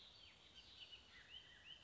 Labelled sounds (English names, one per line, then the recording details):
Bullock's Oriole
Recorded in Sonoma County, California